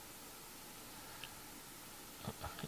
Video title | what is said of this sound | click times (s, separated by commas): SMD Pick & Place Carousel Milling the Layers | snap it into place | 1.2 s